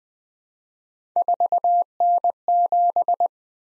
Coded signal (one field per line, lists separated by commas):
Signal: Morse code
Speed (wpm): 20 wpm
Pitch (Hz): 700 Hz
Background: none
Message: 4N7